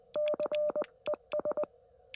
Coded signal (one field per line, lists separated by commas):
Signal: Morse code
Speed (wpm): 19 wpm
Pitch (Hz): 590 Hz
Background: none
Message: CES